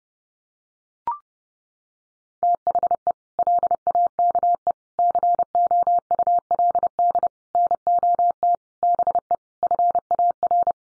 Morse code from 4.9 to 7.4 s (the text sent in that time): COULD